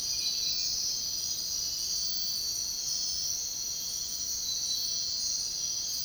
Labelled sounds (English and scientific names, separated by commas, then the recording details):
none
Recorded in dense forest near Puerto Asís, Putumayo, Colombia, on 22 June 2025 at 04:30
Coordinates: 0.499, -76.324
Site G100